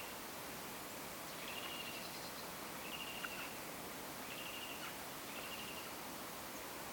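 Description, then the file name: Eurasian wren calls, short stuttering ticking rattles repeated four times over a steady hiss of background noise. "Troglodytes troglodytes"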